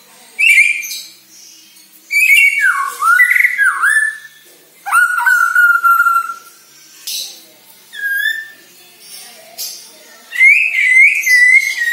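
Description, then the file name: White-rumped shama song: bursts of whistled phrases with swooping slurs and a long steady whistle, separated by short pauses, ending in a rapid trill. Bornean type; lure recording meant to make shamas sing actively ('gacor'). "Sara Pancingan Murai Batu Borneo Agar Gacor Dor"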